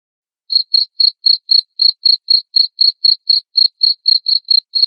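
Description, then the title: Cricket chirping: after a brief silence, sharp high pulses repeat steadily about four times a second with no other sounds. Loud chirping of a cricket, played to stimulate lovebirds into continuous singing. "Suara JANGKRIK NGERIK Keras Bikin LOVEBIRD Jadi NGEKEK Terus Vubey"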